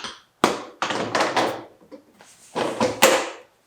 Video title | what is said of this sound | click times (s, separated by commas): Tacoma Tailgate Assembly + Service Manual (Toyota 2016-2023) | this part first snaps into place from the top and the front side | 0.4 s, 3.0 s